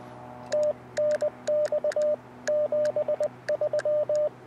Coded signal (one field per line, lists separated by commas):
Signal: Morse code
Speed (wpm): 18 wpm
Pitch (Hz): 600 Hz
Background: radio noise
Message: TNX 73